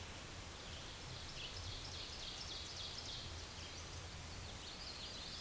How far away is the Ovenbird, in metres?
about 65 m